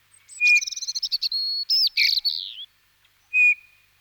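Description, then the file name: Eurasian bullfinch piping whistle at start and end, framing a burst of rapid, high twittering and chirping notes. Recorded in winter. "Jean C Roch Pierre Palengat - Hiver bouvreuil pivoine"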